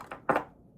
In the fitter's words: Just put them in, and then I turn, you'll hear a click, and your